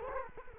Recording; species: mosquito wingbeat signal from an infrared sensor; Culex quinquefasciatus